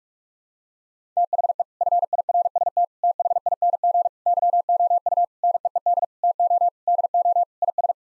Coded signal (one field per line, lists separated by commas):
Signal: Morse code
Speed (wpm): 41 wpm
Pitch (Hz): 700 Hz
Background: none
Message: THE FIRST THING YOU NEED TO DO IS